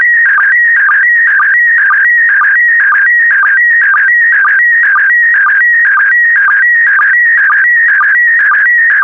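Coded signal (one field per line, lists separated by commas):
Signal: SSTV (slow-scan television)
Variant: PD120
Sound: warbling tone shifting between pitches, with a low blip about twice a second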